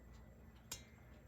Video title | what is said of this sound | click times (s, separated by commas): 06-01-24 – 71 Norton - Green FB – Valves and Foibles | there it goes snaps into place | 0.7 s